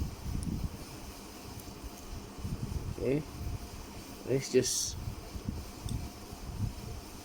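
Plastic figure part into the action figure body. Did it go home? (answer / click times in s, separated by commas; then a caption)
yes / 5.9 s. A plastic part of a transforming robot action figure is pushed into place on the figure's body during transformation and clicks at 5.9 s, locking in. Someone talks over a steady low fan-like hum.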